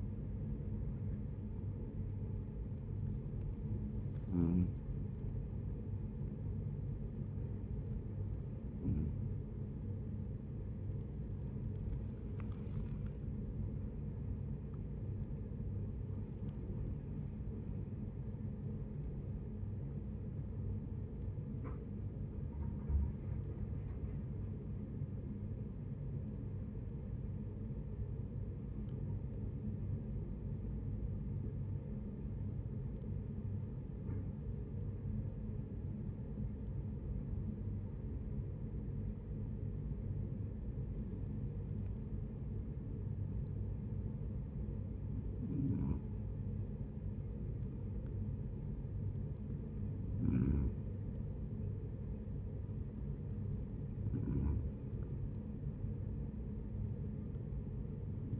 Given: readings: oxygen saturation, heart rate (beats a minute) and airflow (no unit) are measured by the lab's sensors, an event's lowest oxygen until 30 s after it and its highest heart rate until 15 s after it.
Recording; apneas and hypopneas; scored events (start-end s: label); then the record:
breathing in sleep by a smartphone at the bedside; 1
0.00-5.00 s: awake
13.00-28.30 s: hypopnea (N1, oxygen 93% highest, then 91% lowest, heart rate 66 at the start, 72 highest)
51.00-58.40 s: new sleep stage, N2 (light sleep)
From the record:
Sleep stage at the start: N1 (lightest sleep); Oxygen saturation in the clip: 91 to 93%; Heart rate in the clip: 66 to 72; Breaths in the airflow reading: 14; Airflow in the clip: -8.6 to 8.2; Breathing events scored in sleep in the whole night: 496 in 5.4 hours asleep